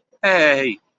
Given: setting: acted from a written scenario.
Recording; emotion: vocal sound without words; positive surprise